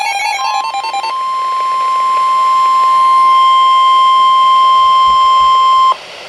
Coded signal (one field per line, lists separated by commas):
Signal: Emergency Alert System (SAME) tones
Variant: 1050 Hz attention tone